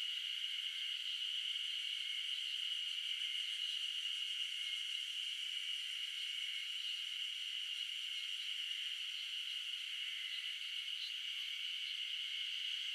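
Insects buzz and hum steadily on an early summer morning in the mountains of Shizuoka, Japan, a thick, unbroken high chorus with a bright whine at its center. The level barely changes across the whole stretch, with no low sounds underneath.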